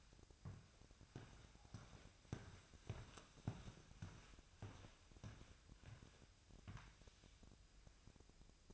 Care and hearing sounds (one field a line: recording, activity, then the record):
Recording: daily activity, microphone in the room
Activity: walk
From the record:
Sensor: 2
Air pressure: 1001.5 hPa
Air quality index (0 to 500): 227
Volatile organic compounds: 26 ppm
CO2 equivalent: 2851 ppm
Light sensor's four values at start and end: 8/28/11/10 and 8/28/11/10